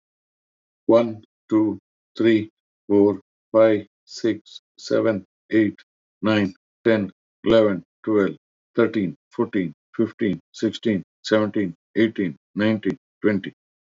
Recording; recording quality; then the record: counting at a normal pace; excellent, no background noise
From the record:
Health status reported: healthy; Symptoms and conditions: none ticked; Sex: male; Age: 47 years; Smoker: yes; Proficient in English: yes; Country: India